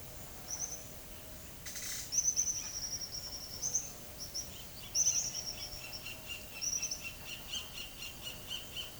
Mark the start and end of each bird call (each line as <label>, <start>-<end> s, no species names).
bird call, 0.40-0.87 s
bird call, 1.65-8.85 s